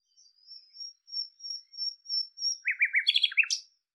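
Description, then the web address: Bird calling: a run of thin, evenly spaced high notes, then a quick burst of chattering chirps. "cianscape birddata Deverinetal 2025"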